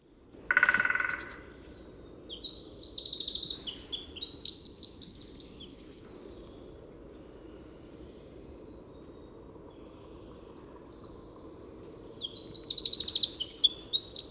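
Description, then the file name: Eurasian wren singing loud, fast, high-pitched phrases of tumbling notes and trills, with a brief lower buzzy note at the start and a pause midway. "Troglodytes troglodytes"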